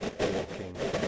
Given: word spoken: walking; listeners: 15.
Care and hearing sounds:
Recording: one English word in noise, from a listening test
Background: noise modulated by three-talker babble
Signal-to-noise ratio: -6.3 dB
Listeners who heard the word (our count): 2 of 15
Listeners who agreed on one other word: 6 of 15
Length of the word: 0.68 s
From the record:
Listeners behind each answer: 6, 2, 2, 1, 1, 1, 1, 1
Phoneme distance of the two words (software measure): 10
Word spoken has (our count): 2 syllables, 5 phonemes, stress on syllable 1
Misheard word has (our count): 2 syllables, 5 phonemes, stress on syllable 1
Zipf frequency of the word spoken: 4.92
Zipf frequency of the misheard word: 5.47

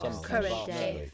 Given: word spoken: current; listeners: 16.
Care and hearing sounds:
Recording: one English word in noise, from a listening test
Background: four-talker babble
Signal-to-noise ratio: -0.7 dB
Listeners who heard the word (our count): 4 of 16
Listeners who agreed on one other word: 11 of 16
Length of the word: 0.75 s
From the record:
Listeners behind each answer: 11, 4, 1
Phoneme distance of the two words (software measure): 27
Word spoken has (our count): 2 syllables, 6 phonemes, stress on syllable 1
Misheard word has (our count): 2 syllables, 5 phonemes, stress on syllable 1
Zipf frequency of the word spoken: 4.81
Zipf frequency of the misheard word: 4.21

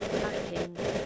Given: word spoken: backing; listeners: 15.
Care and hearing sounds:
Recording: one English word in noise, from a listening test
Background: noise modulated by three-talker babble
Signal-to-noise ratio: -6.1 dB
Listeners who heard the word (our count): 0 of 15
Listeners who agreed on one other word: 9 of 15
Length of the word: 0.66 s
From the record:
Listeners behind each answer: 9, 1, 1, 1, 1, 1, 1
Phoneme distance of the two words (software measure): 10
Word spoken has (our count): 2 syllables, 5 phonemes, stress on syllable 1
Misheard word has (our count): 2 syllables, 5 phonemes, stress on syllable 1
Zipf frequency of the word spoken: 4.18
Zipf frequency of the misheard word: 3.94

